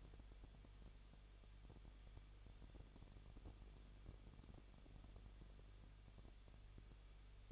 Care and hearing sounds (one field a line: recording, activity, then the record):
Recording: daily activity, microphone in the room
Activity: no activity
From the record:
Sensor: 4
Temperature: 23.0 degrees Celsius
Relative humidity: 34.2%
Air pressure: 1007.3 hPa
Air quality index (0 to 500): 214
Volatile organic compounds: 14 ppm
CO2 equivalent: 2460 ppm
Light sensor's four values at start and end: 2/3/1/1 and 2/3/1/1